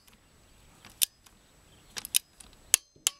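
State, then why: Torque reached. A spark plug gets its final tightening into the aluminium cylinder head of a Renault Clio 3 RS with a click-type torque wrench set to 28 N·m, tightened until the wrench releases. Sharp metallic clicks sound at about 1.0, 2.0, 2.2 and 3.1 s. The loudest, at 2.7 s, is the wrench breaking at the set torque.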